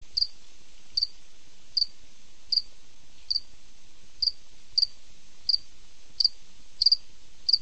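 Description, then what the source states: Cricket chirping: short, high, pulsed chirps repeated steadily about every three quarters of a second, with soft low rumbling underneath. Recorded at night.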